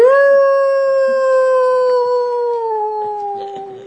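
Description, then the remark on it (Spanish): A wolf lets out one long, loud howl, holding a steady mid-pitched tone for several seconds before it sags slightly and breaks off at the end, with no other sounds around it. “Aullaba el lobo. Lloraba.”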